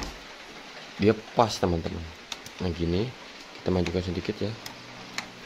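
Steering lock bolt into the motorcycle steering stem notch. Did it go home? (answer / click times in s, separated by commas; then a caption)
yes / 5.2 s. Someone talks while a CBR 150R fitted with bamboo-type steering bearings has its handlebar turned to the lock position, after the lock notch on the steering head was ground so the steering lock can engage. A short tick is heard at 5.2 s as the steering lock bolt seats into the steering stem notch, and the steering is confirmed locked.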